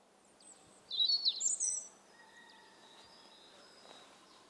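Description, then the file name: European robin song: one short burst of high, thin, jumbled twittering notes lasting about a second. "Erithacus rubecula"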